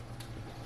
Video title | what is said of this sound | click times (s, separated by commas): WEEKEND VLOG: a daycation,fall porch makeover, + canning for the first time - FALLIDAYS 2022 | That means it's sealed up and it will last a long time. No more. It popped. | 0.2 s